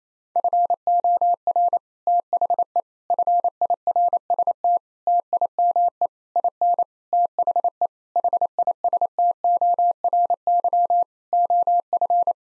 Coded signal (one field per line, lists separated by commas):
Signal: Morse code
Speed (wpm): 28 wpm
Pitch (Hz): 700 Hz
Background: none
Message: FOR THE FIRST TIME IN THE HISTORY OF